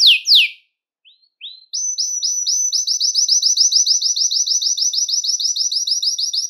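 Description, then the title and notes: Belgian canary singing: two loud sweeping notes, faint chirps, then a long, even, fast trill of repeated notes. "Canario Belga, nyonyastudio"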